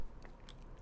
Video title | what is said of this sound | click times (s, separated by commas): The Growee Greenhouse project pt3 - RDWC in a DIY greenhouse! | It just snaps right in. | 0.2 s, 0.5 s